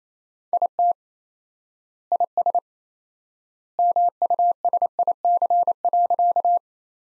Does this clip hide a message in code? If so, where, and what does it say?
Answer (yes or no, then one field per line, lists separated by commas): yes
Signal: Morse code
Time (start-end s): 0.5-6.6 s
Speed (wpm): 28 wpm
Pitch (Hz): 700 Hz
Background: none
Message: IT IS MUSIC.